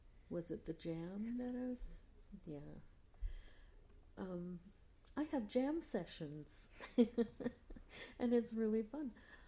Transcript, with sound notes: Was it the jam that I was doing? Yeah. I have jam sessions [laugh] and it is really fun!